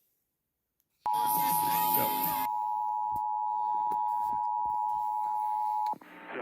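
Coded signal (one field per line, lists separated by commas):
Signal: Emergency Alert System (SAME) tones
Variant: 853 and 960 Hz attention tone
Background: speech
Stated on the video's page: EAS tones from a batch of alerts, including an unexpected evacuation immediate alert.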